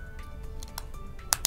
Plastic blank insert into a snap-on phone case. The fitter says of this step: right into there snaps right in securely and it makes the case flush so